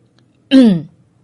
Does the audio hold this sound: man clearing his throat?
yes